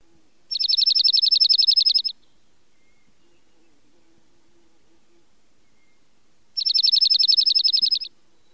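Bird trill: two dry, rapid runs of evenly spaced high notes, each lasting about one and a half seconds, separated by roughly four seconds of near silence.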